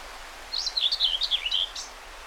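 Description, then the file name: Common whitethroat song: a brisk, scratchy warbled phrase of choppy rising and falling notes lasting just over a second, with soft hiss around it. Recorded 20 May 2009. "20090520 whitethroat"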